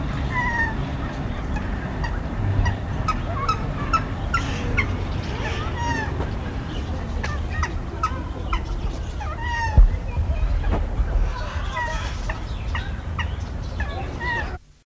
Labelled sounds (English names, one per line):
Hawaiian Goose call